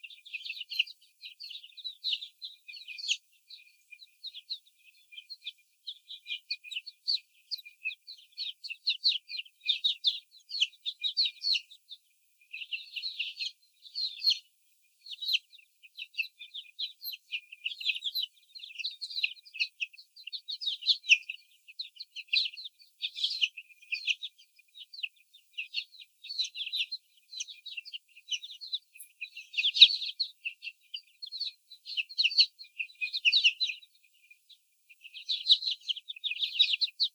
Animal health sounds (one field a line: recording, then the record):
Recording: young laying hens in a cage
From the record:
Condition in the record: before the stressor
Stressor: sudden umbrella opening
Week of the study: 3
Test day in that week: 2